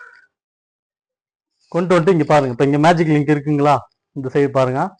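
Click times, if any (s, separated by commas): none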